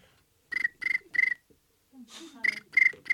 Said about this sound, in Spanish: ¿Qué es esto? Un pájaro. Se parece. Es un grillo. Un grillo, casi.